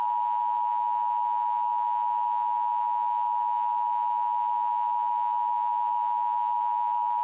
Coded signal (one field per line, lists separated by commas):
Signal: Emergency Alert System (SAME) tones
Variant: 853 and 960 Hz attention tone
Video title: EAS Green Screen Template: Illinois RMT #SupportSPCLouisville157